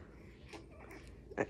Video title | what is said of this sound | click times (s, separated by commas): Classic Jeep High Chair REVIEW | until i heard a click all right so pull the back of the seat to get your preferred position | 1.4 s